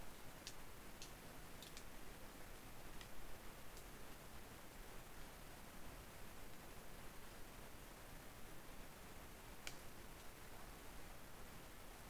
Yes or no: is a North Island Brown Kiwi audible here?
no